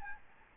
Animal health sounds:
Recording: mosquito wingbeat signal from an infrared sensor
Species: Aedes albopictus

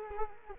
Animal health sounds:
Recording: mosquito wingbeat signal from an infrared sensor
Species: Culex quinquefasciatus

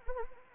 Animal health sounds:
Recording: mosquito wingbeat signal from an infrared sensor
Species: Anopheles arabiensis

